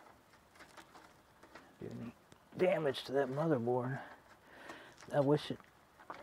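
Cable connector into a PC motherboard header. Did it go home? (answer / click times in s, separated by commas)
no / none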